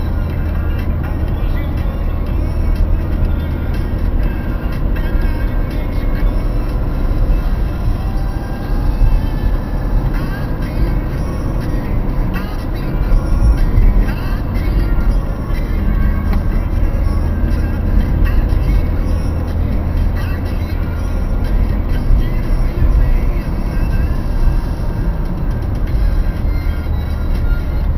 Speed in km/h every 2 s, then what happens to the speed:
59, 59, 64, 64, 64, 68, 66, 64, 62, 64, 64, 62, 61, 57.
0-11 speeds up to 68. 11-15 slows to 62. 15-21 steady at about 64. 21-28 slows to 57.